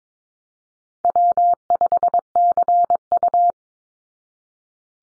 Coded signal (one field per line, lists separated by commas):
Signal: Morse code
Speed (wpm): 22 wpm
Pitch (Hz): 700 Hz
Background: none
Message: W5CU